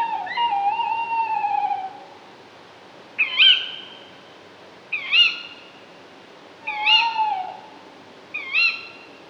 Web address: Tawny